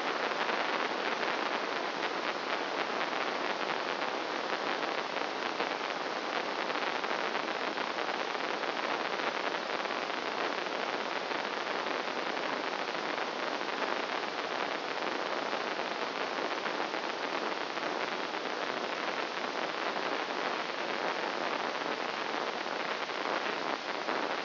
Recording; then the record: brain microelectrode recording played as sound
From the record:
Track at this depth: inside the subthalamic nucleus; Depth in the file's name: 1.456 mm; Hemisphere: left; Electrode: 1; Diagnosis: Parkinson's disease